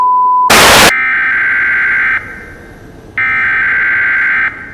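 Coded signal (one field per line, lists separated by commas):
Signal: Emergency Alert System (SAME) tones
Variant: header bursts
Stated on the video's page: Fictional EAS scenario, not a real alert.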